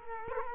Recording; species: mosquito wingbeat signal from an infrared sensor; Culex quinquefasciatus